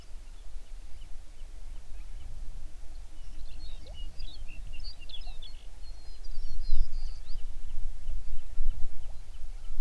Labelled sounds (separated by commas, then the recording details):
songbird, waterfowl
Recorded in the Prudhoe Bay oil fields, Alaska, on 11 June 2019 at 05:22
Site 21